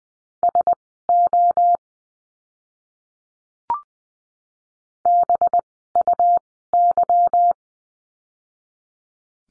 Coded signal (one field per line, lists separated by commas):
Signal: Morse code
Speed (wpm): 20 wpm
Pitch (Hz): 700 Hz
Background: none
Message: SO BUY